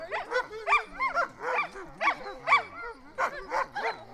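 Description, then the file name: Sled dogs yipping and barking in quick bursts, with lower wavering tones beneath at times. "Storm Kloud Sled Dogs"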